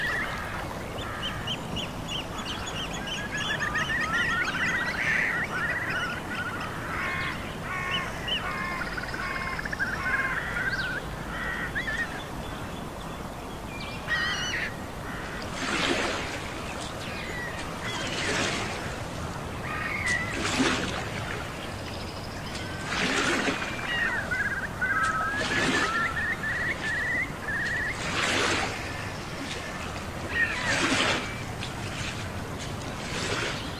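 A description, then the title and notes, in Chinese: A nature ambience with a steady wash of low background noise and frequent bird calls, chirps and quacking, honk-like cries. From about fifteen seconds, louder, harsher bursts of calling recur every two to three seconds over the continuing chatter. 真实录制的大自然白噪音氛围。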